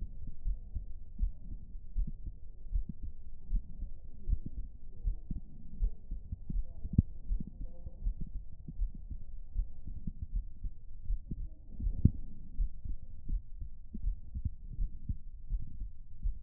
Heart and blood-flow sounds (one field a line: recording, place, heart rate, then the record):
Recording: heart sounds by stethoscope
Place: pulmonary valve (PV)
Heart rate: 85 bpm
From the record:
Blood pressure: 141/83 mmHg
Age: 57 years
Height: 155 cm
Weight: 58 kg